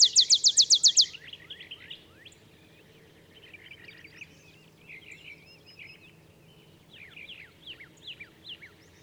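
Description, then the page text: Olive sparrow rapid chip-note trill lasting about a second, then a busy backdrop of soft twittering, warbling calls. Olive sparrow singing in the early morning in Texas, 50 miles north of the Mexican border; simple songs like a field sparrow's bouncing-ball song, though neither so mellow nor so melancholy. "Birdsong for the Curious Naturalist. songs Olive Sparrow. Recording early morning just 50 miles north of the Mexican border in Texas"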